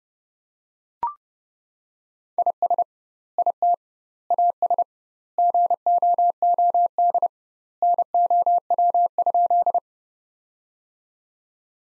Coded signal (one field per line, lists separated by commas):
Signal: Morse code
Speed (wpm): 30 wpm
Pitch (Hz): 700 Hz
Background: none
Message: IS IT AS GOOD NOW?